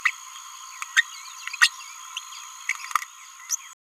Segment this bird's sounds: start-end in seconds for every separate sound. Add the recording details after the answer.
0.06-0.10, 0.97-1.01, 3.50-3.55. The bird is a male. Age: 27 days. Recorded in a nest box in Venezuela. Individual 17B31A2